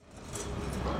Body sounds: background sound without coughing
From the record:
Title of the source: 30 MINUTES Construction Site Ambience (CC BY 4.0)

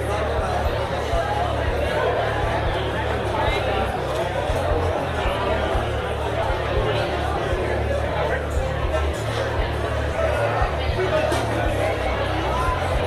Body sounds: background sound without coughing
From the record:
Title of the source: CITY SOUNDS Busy Bar in the Evening Night - 2 HOURS of Ambiance for Relaxation

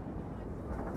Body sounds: background sound without coughing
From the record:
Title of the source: Train Ride Ambience ambient white noise for sleeping, focus, studying, reading

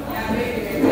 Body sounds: background sound without coughing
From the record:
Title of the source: 40 min - Ambience sounds UNIVERSITY lunchroom chatting

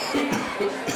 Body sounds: coughing mixed with background sound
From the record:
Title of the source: Spring Cold Coughing 3

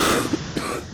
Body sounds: coughing mixed with background sound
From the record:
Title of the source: 60 coughing still (deep and wet cough)

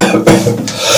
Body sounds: coughing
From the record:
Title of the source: Cough Around the Clock!

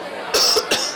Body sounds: coughing mixed with background sound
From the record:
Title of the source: November cold (wet coughing)

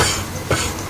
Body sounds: coughing mixed with background sound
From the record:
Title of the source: Dry Coughing Fit in the Afternoon.

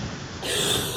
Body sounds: coughing mixed with background sound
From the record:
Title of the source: 30 Chesty and wet cough

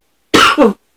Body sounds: coughing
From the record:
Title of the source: 64 coughing, allergies, singing lungs

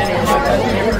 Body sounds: background sound without coughing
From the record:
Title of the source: Nightlife Party Simulating Party Club Noise 1 Hour

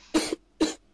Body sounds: coughing mixed with background sound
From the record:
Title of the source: 55 gaggy wet cough

